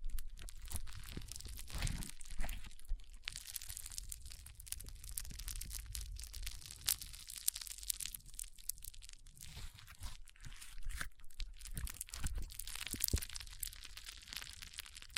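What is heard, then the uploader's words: Foam being squeezed and rubbed in a brain massage, a dense, continuous run of crackling, crunching and crinkling with bright hiss on top. Frequent sharp crackles pop out throughout, over a low rumbling thump that swells near the two-second mark. ASMR Powerful Foam Brain Massage.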